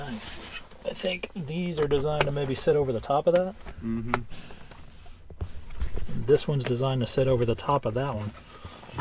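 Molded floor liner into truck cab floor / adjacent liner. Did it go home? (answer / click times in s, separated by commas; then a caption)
no / none. A molded floor liner is handled and laid over the adjacent liner on a truck cab floor while someone talks. A few soft, brief taps and rustles come in a quiet gap around 4.7 to 5.7 seconds. Nothing has seated or clicked into place yet.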